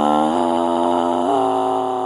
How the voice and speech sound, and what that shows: That's the sound of a vocal nodule, also known as a node.